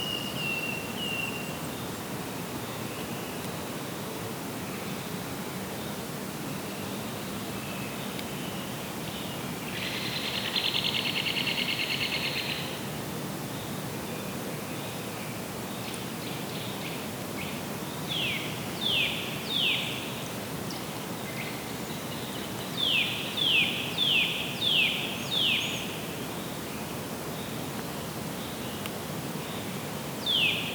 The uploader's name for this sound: Woodpeckers in the Distance